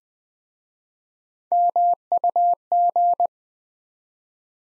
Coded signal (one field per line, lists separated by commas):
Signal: Morse code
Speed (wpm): 20 wpm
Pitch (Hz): 700 Hz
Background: none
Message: MUG